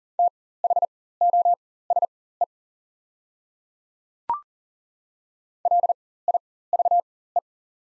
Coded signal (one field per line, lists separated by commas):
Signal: Morse code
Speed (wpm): 40 wpm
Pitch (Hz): 700 Hz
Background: none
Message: THOSE LIVE